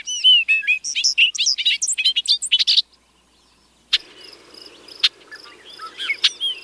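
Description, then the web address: Bobolink song, a long rapid cascade of bubbling, metallic notes lasting nearly three seconds, followed after a pause by a few sharp clicks over background noise. Chicago region. "Birds of the Chicago Region. Bobolink"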